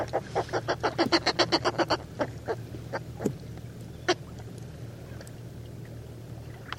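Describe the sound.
Bird calls: a fast run of about a dozen harsh, harmonic notes over two seconds, then scattered single calls over a steady low hum.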